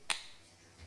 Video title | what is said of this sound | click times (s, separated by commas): Sve o BAMIXu u 15 minuta | you hear the click you | 0.1 s